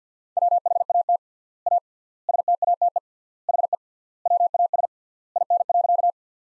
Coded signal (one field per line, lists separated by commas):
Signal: Morse code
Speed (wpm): 50 wpm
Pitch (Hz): 700 Hz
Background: none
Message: WHAT A STATE HE WAS IN.